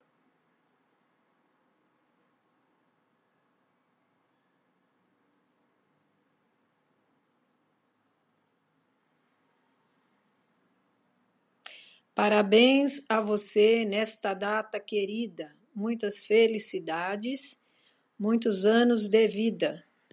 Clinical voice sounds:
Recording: short text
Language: Brazilian Portuguese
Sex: female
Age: 60 to 69 years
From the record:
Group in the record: control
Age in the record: 61 years

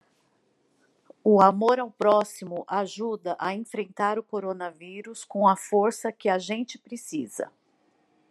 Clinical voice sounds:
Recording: spoken sentence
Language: Brazilian Portuguese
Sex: female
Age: 50 to 59 years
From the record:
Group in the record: control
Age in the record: 51 years

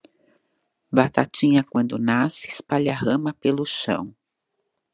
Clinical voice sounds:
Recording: short text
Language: Brazilian Portuguese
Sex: female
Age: 50 to 59 years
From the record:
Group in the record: control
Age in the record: 53 years

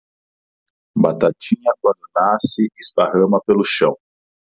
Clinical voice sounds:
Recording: short text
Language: Brazilian Portuguese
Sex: male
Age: 40 to 49 years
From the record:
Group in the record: control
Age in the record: 45 years

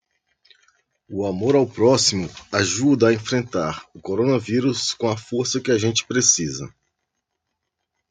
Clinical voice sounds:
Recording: spoken sentence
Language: Brazilian Portuguese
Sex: male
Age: 40 to 49 years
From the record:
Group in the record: control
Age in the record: 46 years

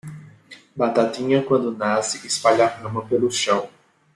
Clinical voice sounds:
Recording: short text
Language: Brazilian Portuguese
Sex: male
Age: 20 to 29 years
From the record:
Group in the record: control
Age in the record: 23 years

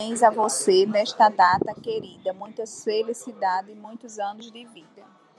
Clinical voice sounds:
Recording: short text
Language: Brazilian Portuguese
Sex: female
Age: 30 to 39 years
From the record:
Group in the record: control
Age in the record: 38 years

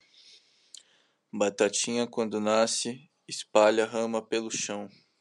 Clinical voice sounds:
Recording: short text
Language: Brazilian Portuguese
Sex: male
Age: 18 to 19 years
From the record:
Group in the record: control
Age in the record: 18 years

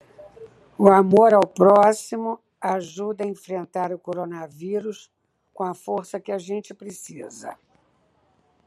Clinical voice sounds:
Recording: spoken sentence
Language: Brazilian Portuguese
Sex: female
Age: 70 to 79 years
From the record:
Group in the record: control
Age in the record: 71 years

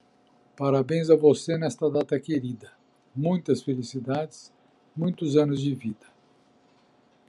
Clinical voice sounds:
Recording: short text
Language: Brazilian Portuguese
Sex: male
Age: 50 to 59 years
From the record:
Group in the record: control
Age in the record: 58 years

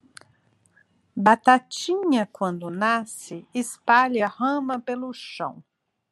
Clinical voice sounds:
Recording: short text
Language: Brazilian Portuguese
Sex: female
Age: 60 to 69 years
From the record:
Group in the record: control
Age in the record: 63 years

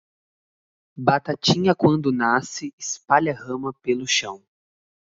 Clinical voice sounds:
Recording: short text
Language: Brazilian Portuguese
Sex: male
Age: 20 to 29 years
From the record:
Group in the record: control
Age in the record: 20 years

